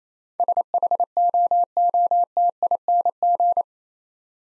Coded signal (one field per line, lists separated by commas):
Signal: Morse code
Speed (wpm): 28 wpm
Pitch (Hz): 700 Hz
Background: none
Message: SHOOTING